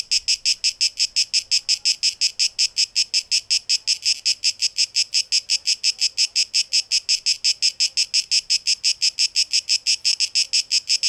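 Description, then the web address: Cicada buzzing in crisp, strongly regular pulses, high and harsh, with an even rhythm throughout. Recorded 12 August 2023. "rauschpartikel 2023-08-12 Zikaden"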